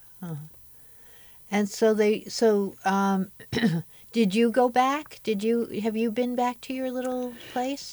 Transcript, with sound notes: Oh and so they - so um (clears throat) did you go back? Did you - have you been back to your little place?